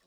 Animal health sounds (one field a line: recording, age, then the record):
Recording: pig call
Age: piglet (1 to 25 days)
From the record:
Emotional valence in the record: positive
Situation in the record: short reunion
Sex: male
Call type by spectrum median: low-frequency call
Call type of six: low-frequency tonal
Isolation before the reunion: 3 minutes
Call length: 0.06 s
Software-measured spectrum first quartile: 812 Hz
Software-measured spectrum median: 2401 Hz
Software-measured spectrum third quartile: 5804 Hz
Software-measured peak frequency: 186 Hz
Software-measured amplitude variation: 5 dB a second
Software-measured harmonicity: -0.4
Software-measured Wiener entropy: -1.05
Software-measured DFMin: 687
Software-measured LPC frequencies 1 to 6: 743, 1806, 3032, 3847, 4664, 5417 Hz